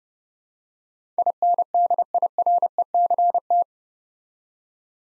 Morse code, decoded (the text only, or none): INDIRECT